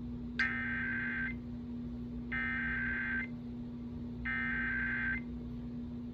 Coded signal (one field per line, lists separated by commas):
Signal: Emergency Alert System (SAME) tones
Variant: header bursts